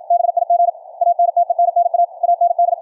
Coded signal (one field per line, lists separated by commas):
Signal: Morse code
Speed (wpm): 53 wpm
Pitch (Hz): 690 Hz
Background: none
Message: BIG ANTENNA AND